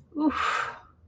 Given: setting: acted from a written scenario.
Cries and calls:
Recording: vocal sound without words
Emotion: embarrassment

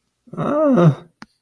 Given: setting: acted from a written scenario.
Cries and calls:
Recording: vocal sound without words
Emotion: fear

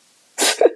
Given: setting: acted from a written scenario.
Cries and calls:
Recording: vocal sound without words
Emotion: sadness

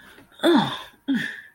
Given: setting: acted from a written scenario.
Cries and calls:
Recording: vocal sound without words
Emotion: negative surprise

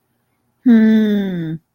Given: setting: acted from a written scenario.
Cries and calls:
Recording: vocal sound without words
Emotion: contentment

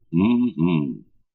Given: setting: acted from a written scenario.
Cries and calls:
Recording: vocal sound without words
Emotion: interest

